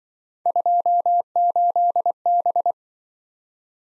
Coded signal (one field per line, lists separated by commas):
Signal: Morse code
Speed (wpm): 25 wpm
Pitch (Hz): 700 Hz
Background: none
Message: 28B